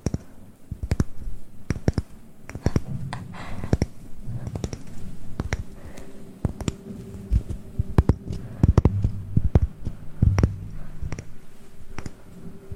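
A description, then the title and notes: Mouth and hand sounds: a loose stream of sharp clicks and taps, irregular and a few per second, over a soft low rumble and rustle. The clicks crowd together around the eighth to tenth seconds, with a faint steady hum appearing midway. ASMR Mouth Sounds and Hand Sounds.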